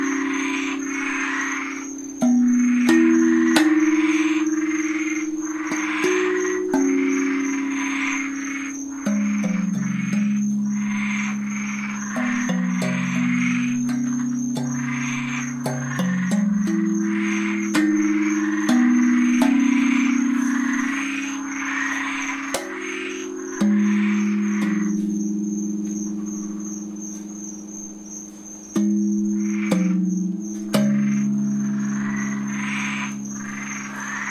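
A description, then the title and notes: A tuned propane tank drum plays a slow, wandering melody of low, ringing notes that overlap and sustain, struck every second or two. Behind it, a steady high cricket trill runs throughout, and frogs chirp and croak in a busy chorus. 9 tone propane tank drum...plus frogs and crickets. Live recording.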